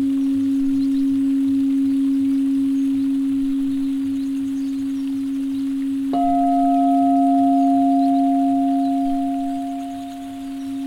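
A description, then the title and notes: A singing bowl hums with a steady, deep ringing tone and a slow, pulsing beat underneath. Around six seconds a second bowl is struck, adding a brighter, higher ring that blends with the first before both ease slightly toward the end. Deep vibrations using singing bowls.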